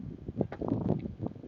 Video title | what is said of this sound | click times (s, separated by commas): How To Change The PCV Valve - Dodge Neon (Andy’s Garage: Episode - 321) | you'll hear it click | 0.4 s, 0.7 s